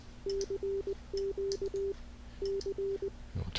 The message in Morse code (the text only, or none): CQ C